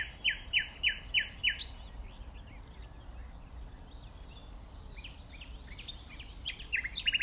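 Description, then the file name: Common nightingale song: a quick rattling series of repeated notes, then a stretch of softer, varied chirps and twitters, ending with louder sharp notes. "Luscinia megarhynchos"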